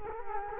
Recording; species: mosquito wingbeat signal from an infrared sensor; Culex quinquefasciatus